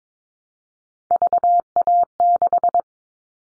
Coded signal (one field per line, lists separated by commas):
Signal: Morse code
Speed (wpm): 22 wpm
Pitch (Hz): 700 Hz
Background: none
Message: VA6